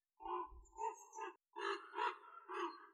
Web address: Corvus corax